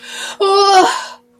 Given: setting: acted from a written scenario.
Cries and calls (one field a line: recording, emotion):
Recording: vocal sound without words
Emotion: distress